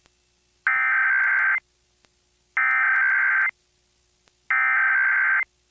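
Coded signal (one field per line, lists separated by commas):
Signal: Emergency Alert System (SAME) tones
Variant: header bursts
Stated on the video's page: Third national EAS test, National Periodic Test, recorded off FM radio on an MP3 player.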